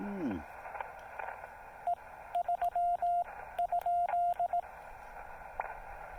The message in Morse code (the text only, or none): E 3 ?